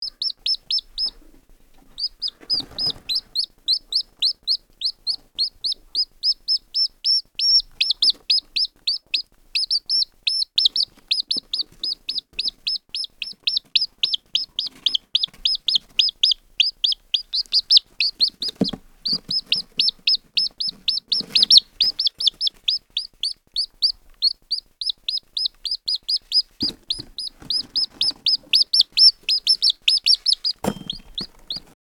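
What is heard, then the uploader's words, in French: A chick peeps insistently, its high, thin cheeps repeating at a quick, steady pace of several per second for nearly the whole recording after a brief pause at the start. A few soft low bumps and rustles occur now and then underneath. Sonnerie Poussin qui Piaille.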